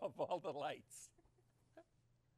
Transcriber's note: he laughs